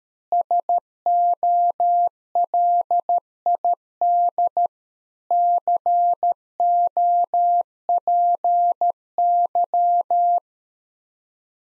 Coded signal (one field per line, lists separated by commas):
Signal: Morse code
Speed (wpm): 13 wpm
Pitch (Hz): 700 Hz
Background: none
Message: SOLID COPY